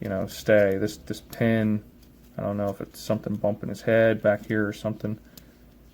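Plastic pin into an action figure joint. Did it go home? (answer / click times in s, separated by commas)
partly / 5.4 s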